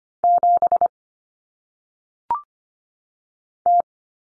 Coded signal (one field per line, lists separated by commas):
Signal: Morse code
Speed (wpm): 25 wpm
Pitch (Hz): 700 Hz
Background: none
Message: 7 T